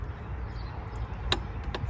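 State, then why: Torque reached. A click-type torque wrench tightens the idler/tensioner pulley bolt on a $300 Mustang, with a steady low rumble in the background. A sharp click at 1.3 seconds confirms the wrench has reached its torque setting, and a softer tick follows at 1.8 seconds.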